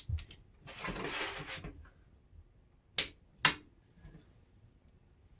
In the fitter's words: I heard a little click maybe it's enough we'll check it fit